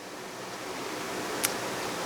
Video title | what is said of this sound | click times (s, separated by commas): October Zanini Box! | it does is when it snaps into place so | 1.4 s